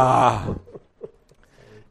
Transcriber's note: laughing